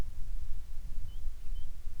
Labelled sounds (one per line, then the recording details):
bird
wind
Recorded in the Prudhoe Bay oil fields, Alaska, on 25 July 2019 at 02:01
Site 11